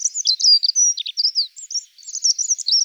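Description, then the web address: Dunnock giving a rapid, high, jangling warble of thin squeaky notes, running almost continuously with brief gaps, with no other clear sounds. "Prunella modularis"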